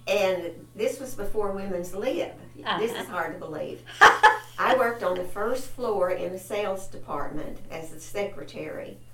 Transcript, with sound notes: and this was before Women's Lib this is hard to believe. (Laughter) I worked on the first floor in the sales department as the secretary.